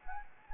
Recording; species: mosquito wingbeat signal from an infrared sensor; Anopheles gambiae